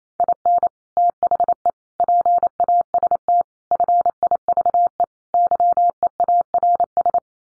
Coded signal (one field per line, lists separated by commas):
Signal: Morse code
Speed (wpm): 28 wpm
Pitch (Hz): 700 Hz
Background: none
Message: IN THE PAST FIVE YEARS